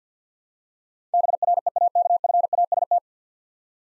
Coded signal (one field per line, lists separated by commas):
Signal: Morse code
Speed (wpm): 49 wpm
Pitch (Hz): 700 Hz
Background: none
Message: BREAKFAST